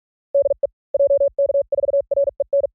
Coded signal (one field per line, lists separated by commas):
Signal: Morse code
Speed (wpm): 48 wpm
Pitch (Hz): 560 Hz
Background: none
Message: DE JK4REN